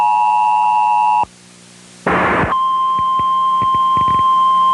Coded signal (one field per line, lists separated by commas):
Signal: Emergency Alert System (SAME) tones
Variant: 853 and 960 Hz attention tone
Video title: EAS Recreation: The Space Debris Are Coming To Texas (02/01/2003)